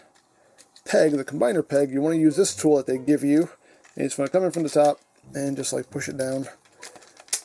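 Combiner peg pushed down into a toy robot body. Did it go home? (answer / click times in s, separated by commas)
yes / 7.3 s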